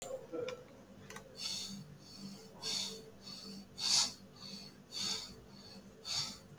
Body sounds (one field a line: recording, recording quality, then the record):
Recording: deep breathing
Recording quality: excellent, no background noise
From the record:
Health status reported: healthy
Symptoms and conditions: cold, fatigue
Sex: male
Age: 30 years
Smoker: no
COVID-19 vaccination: both doses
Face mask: worn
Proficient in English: yes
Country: India